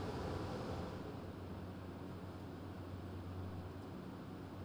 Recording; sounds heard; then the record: poultry house recording; no chicken sound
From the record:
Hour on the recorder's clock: 23